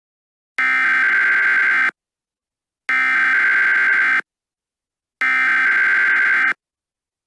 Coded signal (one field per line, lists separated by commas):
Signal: Emergency Alert System (SAME) tones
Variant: header bursts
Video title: EAS Scenario#1: Universal Paradox